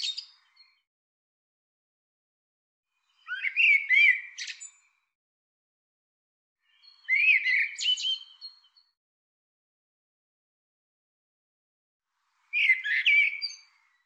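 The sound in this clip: Bird giving four short, busy bursts of chattering and slurred notes, with silence lasting several seconds between each burst.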